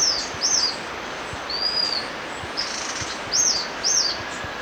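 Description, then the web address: White-fronted Tyrannulet song: high, thin arched notes in short bursts with pauses, one longer drawn whistle between, over a steady hiss of background noise. Recorded in Ecuador. "Birds of Ecuador 3-02 White-Fronted Tyrannulet"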